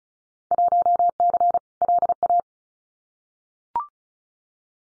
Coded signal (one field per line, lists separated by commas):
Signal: Morse code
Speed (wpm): 34 wpm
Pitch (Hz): 700 Hz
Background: none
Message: 1C LA